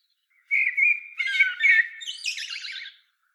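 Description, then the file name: Common blackbird song phrase: low mellow whistles, a warbled middle, and a long high scratchy twittering finish. "Turdus merula"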